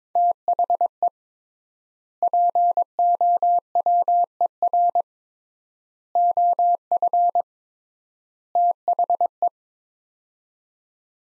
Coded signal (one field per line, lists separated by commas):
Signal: Morse code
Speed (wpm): 22 wpm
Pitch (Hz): 700 Hz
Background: none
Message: THE POWER OF THE